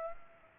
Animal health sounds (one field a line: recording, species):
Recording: mosquito wingbeat signal from an infrared sensor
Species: Aedes aegypti